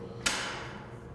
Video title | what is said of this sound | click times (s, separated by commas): ER Vol Training Movie 720 | just lift and hear it click in place | 0.3 s